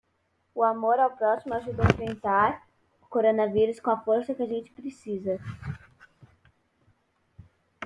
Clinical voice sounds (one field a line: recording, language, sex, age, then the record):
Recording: spoken sentence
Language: Brazilian Portuguese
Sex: female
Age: 40 to 49 years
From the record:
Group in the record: control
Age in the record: 47 years